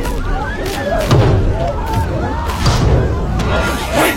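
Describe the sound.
A foot kicks a glass door again and again, landing heavy, dull thuds with a rattling edge at uneven intervals over a steady murmur of voices and commotion.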